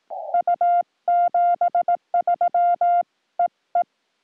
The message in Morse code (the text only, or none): U 73 EE